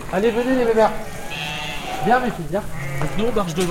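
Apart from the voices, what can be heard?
sheep bleating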